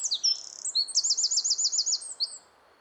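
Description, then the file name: Eurasian wren song: very high, fast jumble of sharp notes sliding into a rapid, rattling trill, then a brief high flourish before it stops abruptly. "Troglodytes troglodytes"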